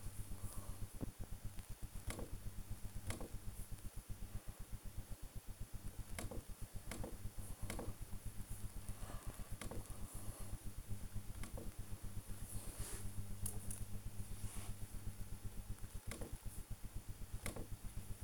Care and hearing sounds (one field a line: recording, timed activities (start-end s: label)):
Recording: household activities, microphone on the right wrist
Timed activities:
0.00-18.24 s: working on the computer